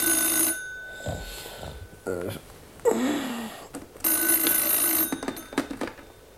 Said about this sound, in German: Es war 4:30 am Montagmorgen, als das Telefon klingelte.